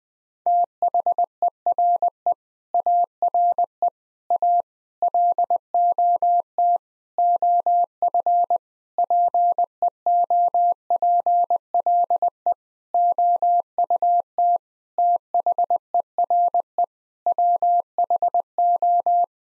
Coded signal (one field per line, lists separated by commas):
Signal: Morse code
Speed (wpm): 21 wpm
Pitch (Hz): 700 Hz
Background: none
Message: THERE ARE A LOT OF PEOPLE OUT THERE WHO